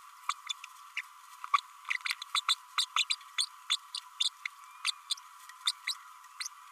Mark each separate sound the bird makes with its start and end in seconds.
0.29-0.33, 0.49-0.53, 0.97-1.01, 1.53-1.58, 1.90-1.93, 2.08-2.12, 2.34-2.41, 2.48-2.55, 2.77-2.85, 2.96-3.04, 3.10-3.15, 3.38-3.46, 3.70-3.76, 3.94-3.97, 4.24-4.29, 4.84-4.91, 5.67-5.71, 5.87-5.94, 6.40-6.47